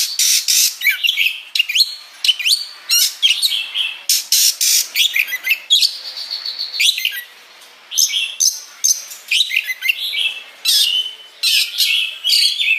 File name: Suara Kacer